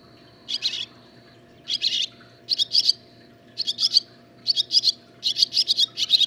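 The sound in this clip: Barn swallow song: rapid grating twitter phrases with thin whistled bits, repeated roughly every second against a faint low hum.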